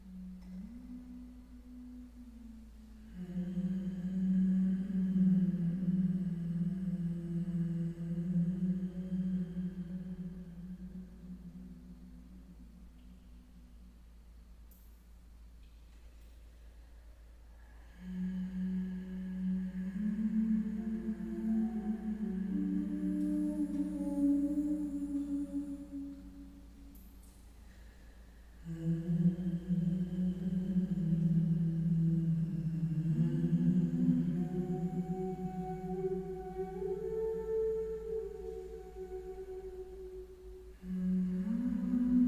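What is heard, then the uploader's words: Layered, echoing humming rises in long low phrases, swelling around 4–14, 18–27 and 29–40 seconds, with quieter gaps between. Several voices overlap in warm, slow gliding pitches, with a faint steady low hum underneath throughout. Layered Echo Humming.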